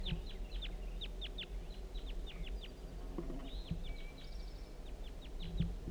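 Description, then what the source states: Crossbill calls, a quick irregular run of abrupt dropping chips, with a thin whistle briefly midway over low background rumble. One crossbill circling to investigate, recorded in flight over a hollow.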